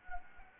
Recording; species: mosquito wingbeat signal from an infrared sensor; Anopheles gambiae